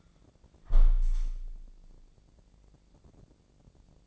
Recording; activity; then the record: daily activity, microphone in the room; close window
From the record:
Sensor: 5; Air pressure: 1012.4 hPa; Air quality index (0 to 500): 160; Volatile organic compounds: 2 ppm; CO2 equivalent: 1082 ppm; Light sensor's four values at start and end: 84/202/84/91 and 83/200/83/90